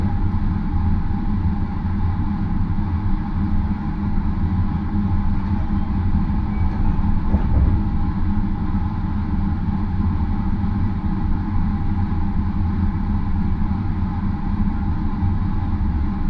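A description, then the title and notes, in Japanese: Aboard the Marine Liner rapid train running from Takamatsu to Okayama, a steady, dense low rumble of the moving train fills the whole recording, with a faint whine above it. A brief knock or jolt stands out around seven and a half seconds. 予讃線 快速マリンライナー40号 高松→岡山。日も暮れてしまった。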